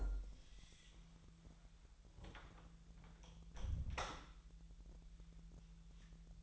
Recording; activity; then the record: daily activity, microphone in the room; close door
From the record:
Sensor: 3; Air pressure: 1001.2 hPa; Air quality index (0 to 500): 249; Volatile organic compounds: 171 ppm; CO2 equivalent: 4110 ppm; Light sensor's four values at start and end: 13/30/12/12 and 13/30/12/12